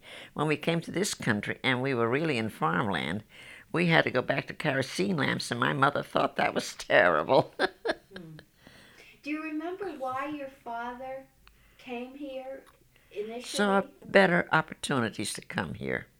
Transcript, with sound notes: When we came to this country, and we were really in farmland, we had to go back to kerosene lamps, and my mother thought that was terrible. ( she laughs )
Do you remember why your father came here initially?
Saw better opportunities to come here.